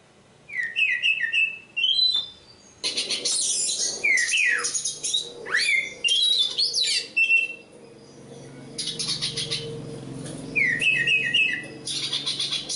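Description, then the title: Oriental magpie-robin song opening with a short run of clear rising whistles, then dense bursts of buzzy trills and sharp slurred notes. Kacer poci, competition bird and national champion; singing gacor with 'nembak' and 'ngerol' styles; seven kinds of kacer sound every three minutes. "Kacer Poci Gacor Nembak Dan Ngerol Juara Nasional. 7 macam suara kacer setiap 3 menit"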